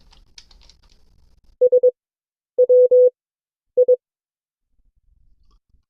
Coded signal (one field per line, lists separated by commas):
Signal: Morse code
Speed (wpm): 22 wpm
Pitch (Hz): 500 Hz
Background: none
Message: S W I